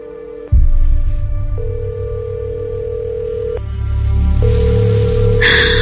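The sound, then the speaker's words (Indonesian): A phone call rings out unanswered: a steady, mid-pitched electronic ringing tone that pauses and resumes over a low rumbling background, with a brief hiss near the end. “Aduh, teleponku tidak diangkat.”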